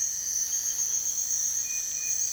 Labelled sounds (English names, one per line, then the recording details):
none
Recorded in dense forest near Puerto Asís, Putumayo, Colombia, on 29 June 2025 at 04:30
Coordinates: 0.468, -76.322
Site GP03